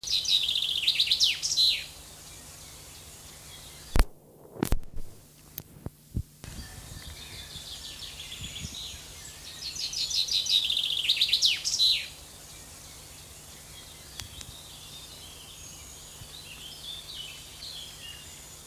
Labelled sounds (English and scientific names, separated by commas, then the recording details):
Common Chaffinch (Fringilla coelebs) song
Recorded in the wild
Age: adult
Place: Botanische Anlage Blankenfelde, Berlin, DE
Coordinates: 52.603, 13.4
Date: 2003-06-29 13:45
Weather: fair, 26°C
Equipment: Fair Mate ST-1328 (Asahi Electronics, Japan), Sennheiser ME 80, Kopie Uher 4000 Report Monitor
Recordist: Tembrock, Günter